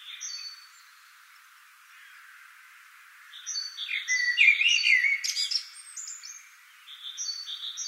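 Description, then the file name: Common blackbird song: one mellow warbled phrase rising into a sharp high twitter, with another bird's repeated paired whistles before and after it. "Turdus merula"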